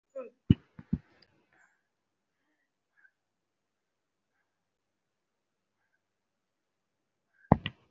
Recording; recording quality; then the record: deep breathing; poor, much background noise or distortion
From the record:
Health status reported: respiratory illness, not identified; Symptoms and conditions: cough, breathing difficulty, asthma, another respiratory illness, hypertension, another condition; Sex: female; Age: 42 years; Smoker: no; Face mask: worn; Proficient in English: no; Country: India